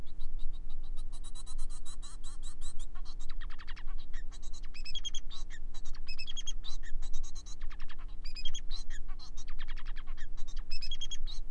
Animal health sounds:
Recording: song of a male Bengalese finch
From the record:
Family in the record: son of father 4

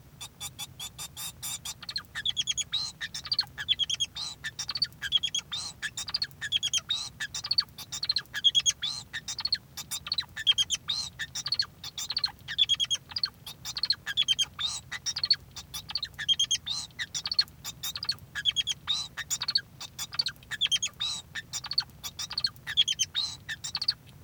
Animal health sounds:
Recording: song of a male Bengalese finch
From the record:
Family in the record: son of father 2

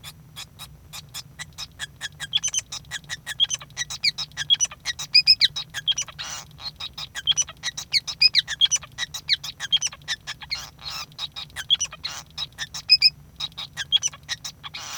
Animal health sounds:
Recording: song of a male Bengalese finch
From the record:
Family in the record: son of father 5

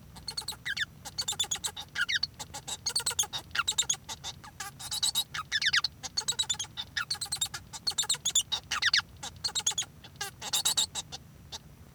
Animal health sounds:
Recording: song of a male Bengalese finch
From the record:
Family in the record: son of father 1

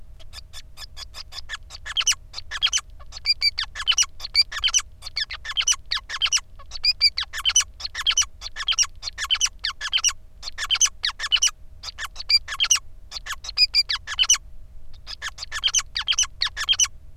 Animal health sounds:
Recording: song of a male Bengalese finch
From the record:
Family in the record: son of father 5

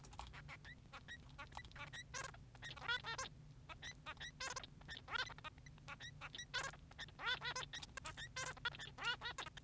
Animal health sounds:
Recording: song of a male Bengalese finch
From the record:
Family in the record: son of father 3

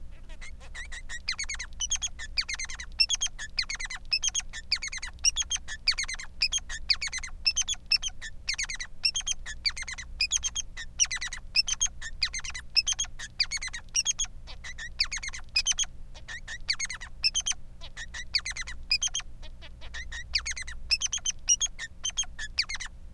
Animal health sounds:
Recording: song of a male Bengalese finch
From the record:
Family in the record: son of father 3

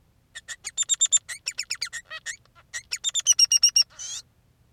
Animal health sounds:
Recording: song of a male Bengalese finch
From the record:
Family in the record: son of father 3

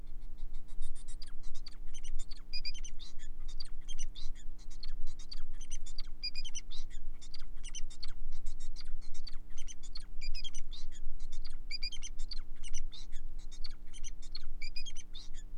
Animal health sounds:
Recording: song of a male Bengalese finch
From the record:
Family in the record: son of father 4

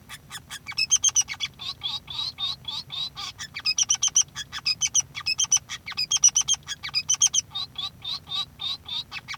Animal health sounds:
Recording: song of a male Bengalese finch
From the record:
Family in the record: son of father 3

